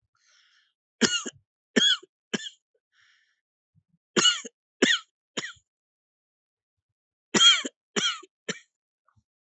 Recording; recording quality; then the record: heavy voluntary cough; excellent, no background noise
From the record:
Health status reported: healthy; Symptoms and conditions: hypertension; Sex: male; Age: 37 years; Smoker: yes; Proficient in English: yes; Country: India